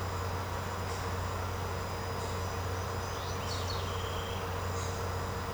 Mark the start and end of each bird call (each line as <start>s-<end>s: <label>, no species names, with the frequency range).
3.07s-4.49s: bird call (1.5-6.3 kHz)